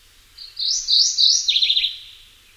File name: mourningwarbler